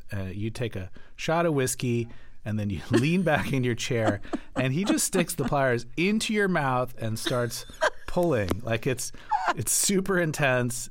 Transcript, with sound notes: You take a shot of whiskey, and then you lean back into your chair.
(Laughter).
And he just sticks the pliers into your mouth and starts pulling.
(Laughter).
Like, it's super-intense.